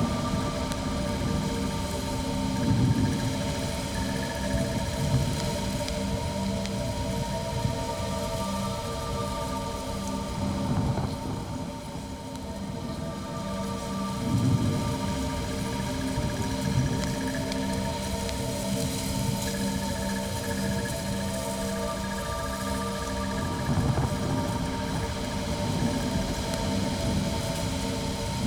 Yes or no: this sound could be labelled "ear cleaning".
no